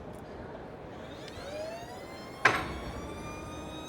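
On a hydraulic skidding track system rated up to 350 tons, the push cylinders are retracted so their locking feet drop into the next square openings in the steel track. A sharp metallic click at 2.5 s stands out over a steady background hum with faint rising whine tones. The cylinder feet seat and lock into place, ready for the load to be driven again.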